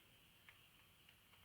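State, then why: Not seated. A loose plastic trim piece that keeps coming off is pressed back into a truck dashboard during an aftermarket touch screen install. Only faint, brief ticks at about 0.5 s and 1.1 s rise over a low steady hiss. The piece does not catch: nothing has seated or clicked yet, and it won't snap into place.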